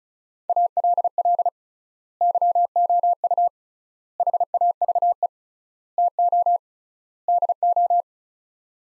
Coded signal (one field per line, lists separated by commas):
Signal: Morse code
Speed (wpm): 36 wpm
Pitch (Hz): 700 Hz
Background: none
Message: ALL YOU HAVE TO DO